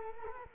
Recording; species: mosquito wingbeat signal from an infrared sensor; Culex quinquefasciatus